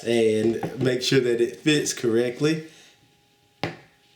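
Someone talks while handling an iPad, turning it the right way to press it into a hard protective case. After the talk stops, there is a brief sharp tap at about 3.6 s, but the tablet has not yet seated or clicked into the case.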